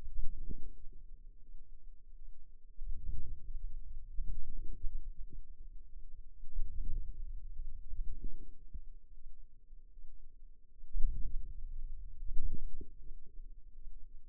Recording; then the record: forearm muscle sounds (acoustic myography)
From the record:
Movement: hand closing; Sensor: system 2, bracelet of six BSWA MPA416 microphones around the upper forearm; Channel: 1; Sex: female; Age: 23 years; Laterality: right